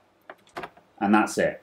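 A RAM module is pressed down firmly into a motherboard DIMM slot with the thumbs while the index fingers push the two plastic slot latches in at the same time. Sharp clicks are heard at 0.3 s and 0.6 s, followed by someone talking. The latches click shut and lock the module in place, so it is seated.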